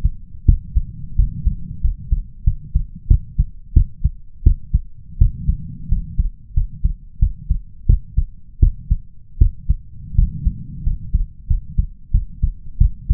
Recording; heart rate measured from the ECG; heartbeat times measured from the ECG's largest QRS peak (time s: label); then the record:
heart sounds by stethoscope; 88 bpm
0.45 s: heartbeat
1.16 s: heartbeat
1.81 s: heartbeat
2.44 s: heartbeat
3.08 s: heartbeat
3.73 s: heartbeat
4.43 s: heartbeat
5.18 s: heartbeat
5.89 s: heartbeat
6.54 s: heartbeat
7.19 s: heartbeat
7.86 s: heartbeat
8.60 s: heartbeat
9.38 s: heartbeat
10.15 s: heartbeat
10.83 s: heartbeat
11.47 s: heartbeat
12.11 s: heartbeat
12.78 s: heartbeat
From the record:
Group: healthy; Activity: cold pressor test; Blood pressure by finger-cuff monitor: 125/84 mmHg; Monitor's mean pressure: 97 mmHg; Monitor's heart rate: 91 bpm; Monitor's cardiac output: 6.7 L/min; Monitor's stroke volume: 76 mL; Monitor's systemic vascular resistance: 1070 dyn s/cm5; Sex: male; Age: 21 years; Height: 180 cm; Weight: 67.5 kg